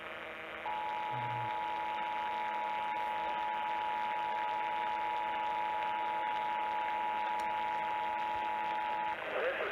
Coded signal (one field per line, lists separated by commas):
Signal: Emergency Alert System (SAME) tones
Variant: 853 and 960 Hz attention tone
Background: speech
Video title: EAS Alert #48-51 - NWS Required Monthly Test on WWG24, KOMO-TV, KIRO-FM, and KIRO-AM [10/15/20]